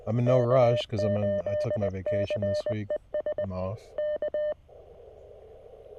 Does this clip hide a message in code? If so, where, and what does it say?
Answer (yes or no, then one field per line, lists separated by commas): yes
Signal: Morse code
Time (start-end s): 0.3-4.5 s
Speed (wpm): 20 wpm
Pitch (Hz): 600 Hz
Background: speech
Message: K8CES K